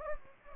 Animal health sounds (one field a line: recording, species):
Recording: mosquito wingbeat signal from an infrared sensor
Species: Anopheles gambiae